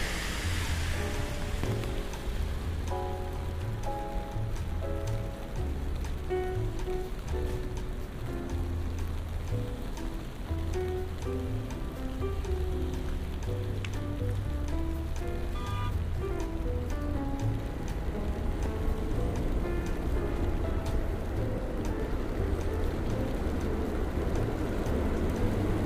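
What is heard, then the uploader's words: Rain falls steadily on a surface in New York, a dense, even hiss with occasional sharper drops. Beneath it runs a slow series of low and mid pitched notes that step up and down throughout, with a faint vehicle rumble. Raining Day In New York.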